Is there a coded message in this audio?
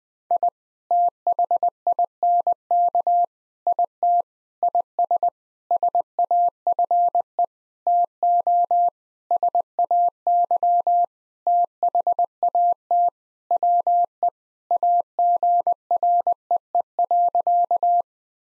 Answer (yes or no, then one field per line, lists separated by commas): yes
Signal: Morse code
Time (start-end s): 0.3-18.0 s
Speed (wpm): 20 wpm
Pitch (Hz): 700 Hz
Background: none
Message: I THINK IT IS SAFE TO SAY THAT WE AGREE.